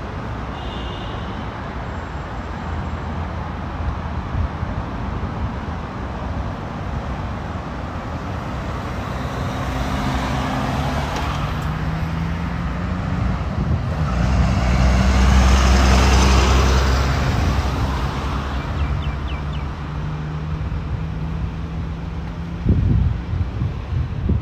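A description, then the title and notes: A walk through Modiin, Israel, with steady traffic rumbling throughout. A vehicle passes and swells loudest around the middle, its low engine hum rising and fading, while other cars continue underneath. Near the end a brief knock stands out. City Park Sounds. Walking In Modiin, Israel.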